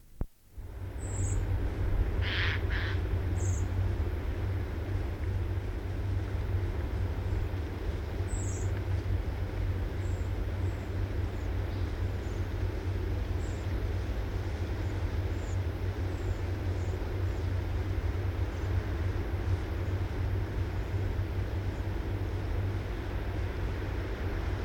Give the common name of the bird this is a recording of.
Redwing